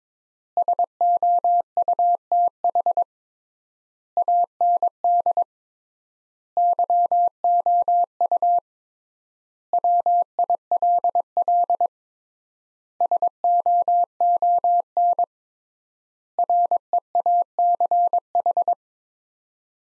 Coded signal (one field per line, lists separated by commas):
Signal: Morse code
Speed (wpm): 22 wpm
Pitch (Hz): 700 Hz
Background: none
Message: SOUTH AND YOU WILL SOON REACH